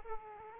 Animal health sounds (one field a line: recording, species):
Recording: mosquito wingbeat signal from an infrared sensor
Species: Aedes aegypti